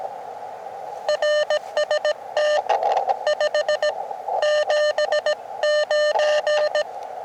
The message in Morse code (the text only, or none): RST 579